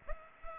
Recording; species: mosquito wingbeat signal from an infrared sensor; Culex pipiens